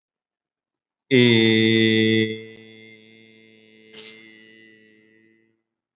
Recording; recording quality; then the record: sustained vowel as in made; excellent, no background noise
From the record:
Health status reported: exposed to COVID-19, no respiratory illness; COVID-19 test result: negative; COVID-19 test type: RT-PCR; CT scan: not taken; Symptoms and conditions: none ticked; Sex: male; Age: 22 years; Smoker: no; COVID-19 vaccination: one dose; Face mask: worn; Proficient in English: yes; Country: India